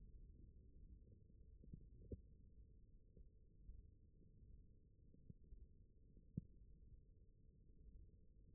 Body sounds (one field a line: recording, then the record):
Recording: forearm muscle sounds (acoustic myography)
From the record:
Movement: wrist flexion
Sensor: system 1, eight BSWA MPA416 microphones around the upper forearm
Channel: 1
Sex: male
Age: 21 years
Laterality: right